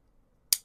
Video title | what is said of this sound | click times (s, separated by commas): Mossy Oak 13-in-1 Multitool Pliers | Locks into place. | 0.5 s